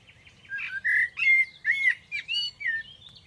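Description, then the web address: Bird song of clear whistled notes and chirps, some sliding up or down, delivered in a lively, irregular phrase. "cianscape birddata Deverinetal 2025 Bird Only Tu Me"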